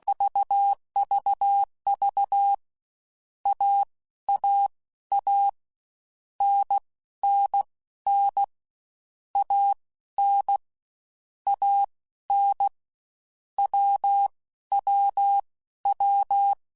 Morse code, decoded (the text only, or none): VVV AAA NNN AN AN WWW